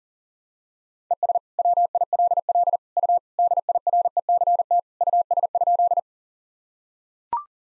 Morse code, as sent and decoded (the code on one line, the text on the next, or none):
. ... / .-- .. .-.. .-.. / ..- / -.. .. .-. . -.-. - / ..- ... ..--..
ES WILL U DIRECT US?